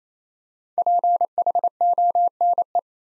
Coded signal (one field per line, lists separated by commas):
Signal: Morse code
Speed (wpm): 27 wpm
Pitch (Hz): 700 Hz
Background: none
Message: PHONE